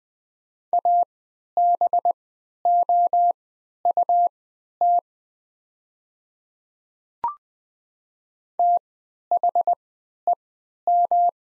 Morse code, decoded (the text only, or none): ABOUT THEM